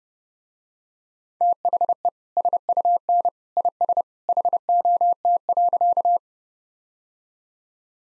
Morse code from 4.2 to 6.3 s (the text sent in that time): HOT.